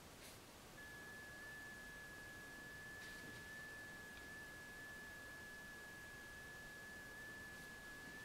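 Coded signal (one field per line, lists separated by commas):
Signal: FT8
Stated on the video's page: Summits on the Air activation at Lassen Volcanic National Park, QRP.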